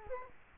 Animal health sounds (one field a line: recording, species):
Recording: mosquito wingbeat signal from an infrared sensor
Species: Culex quinquefasciatus